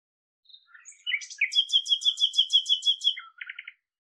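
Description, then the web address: Bird song: a few high thin notes, then a rapid trill of many even repeated notes, ending in a short lower buzzy flourish. "cianscape birddata Deverinetal 2025"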